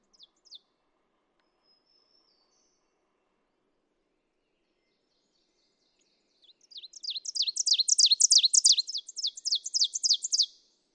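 Ovenbird song: after a few soft notes and a long pause, a loud crescendo of quick, repeated high double notes lasts about four seconds.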